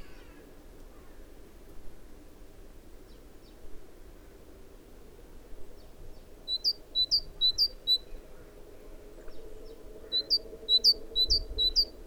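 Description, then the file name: Great tit calls, quiet at first, then runs of sharp hooked notes in the second half, given in quick series over a low background hum. "Parus major"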